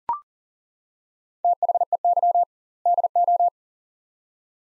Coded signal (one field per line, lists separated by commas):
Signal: Morse code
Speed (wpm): 40 wpm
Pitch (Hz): 700 Hz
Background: none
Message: THEY DO